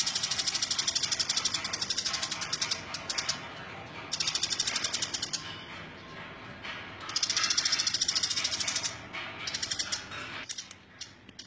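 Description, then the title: Bird song in bursts of rapid, rattling high trills lasting two to three seconds, separated by short pauses. Bird chirping. "Kicau Burung Yoi"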